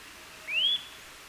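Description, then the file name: Eurasian nuthatch giving one short, pure whistle that slides upward and levels off, against quiet background hiss. "Sitta europaea"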